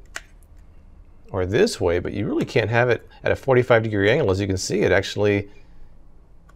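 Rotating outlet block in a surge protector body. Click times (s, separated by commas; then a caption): 6.5 s. Someone talks while rotating the swivelling outlet section of a plastic surge protector, the rotating outlet block in the surge protector body. At 6.5 s a short, sharp click is heard as it snaps into its 45-degree detent and is seated.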